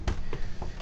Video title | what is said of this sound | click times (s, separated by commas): Samsung S24D590PL VESA mount upgrade modification | and then just lever it gently up and you hear it click as the actual uh as the actual bracket comes out | 0.1 s